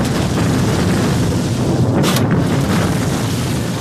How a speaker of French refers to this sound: Ici, non loin de la capitale allemande, on n'utilise pas moins de 2 tonnes de dynamite pour niveler le terrain, déterminant ainsi de formidables explosions.